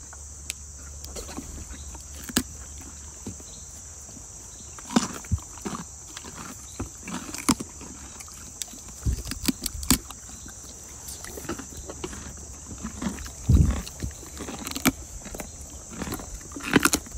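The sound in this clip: Horse chewing: irregular crunching and sharp clicking bites, some in quick bursts, over a steady high hiss throughout.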